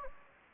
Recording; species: mosquito wingbeat signal from an infrared sensor; Anopheles gambiae